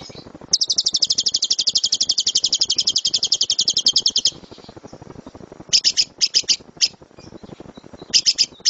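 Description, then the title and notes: Lovebird song with a long, fast rattling trill lasting nearly four seconds, then a pause and short chattering bursts. Competition lovebird; kicau (chirping song). "Love Brid Juara. Kicau Lovebird"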